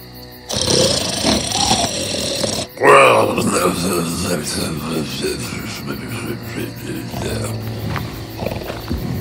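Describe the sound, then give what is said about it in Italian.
Loud, rumbling snoring of a huge beast sleeping deeply in a cave, deep and growling; after a brief pause comes a sharper, louder snort, then the heavy rasping breaths carry on steadily. “Fu davvero terrificante da guardare ed il russare era così forte che tutte le cose nella caverna tremavano e cadevano.”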